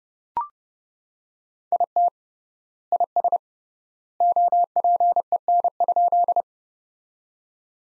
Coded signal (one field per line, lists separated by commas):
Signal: Morse code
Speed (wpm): 32 wpm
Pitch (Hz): 700 Hz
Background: none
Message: IT IS OPEN?